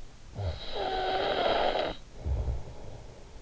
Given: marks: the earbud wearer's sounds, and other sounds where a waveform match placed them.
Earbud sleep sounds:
sounds in sleep by an in-ear microphone; snoring breath
0.02-3.42 s: snoring breath

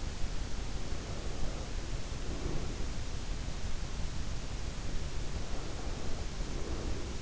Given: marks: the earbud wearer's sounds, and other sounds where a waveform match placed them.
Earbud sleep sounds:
sounds in sleep by an in-ear microphone; breath
1.05-2.99 s: breath
5.22-7.22 s: breath

